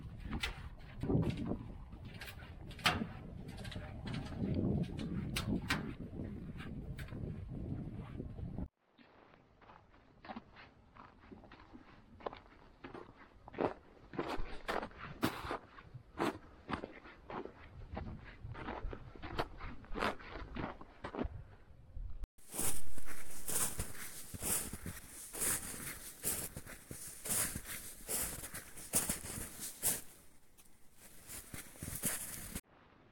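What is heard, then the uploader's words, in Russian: A walk over small river bridges, heard as three spliced sections. First a low rumble with irregular thuds, then quieter stretches of sharp, uneven clicks and steps, and from about 22 seconds a louder, bright, dense crackling that runs to the end. Прогулки под крики воронов по безымянным мостам речки Тёплой (один из них понтонный!), мимо футуристических охранных вышек, и по звериным следам по колено в снегах.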